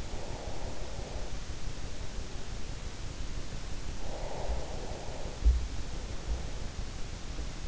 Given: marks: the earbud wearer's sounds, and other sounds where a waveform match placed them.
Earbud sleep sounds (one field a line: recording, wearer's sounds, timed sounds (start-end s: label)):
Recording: sounds in sleep by an in-ear microphone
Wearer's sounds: breath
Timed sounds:
0.00-1.38 s: breath
3.81-5.55 s: breath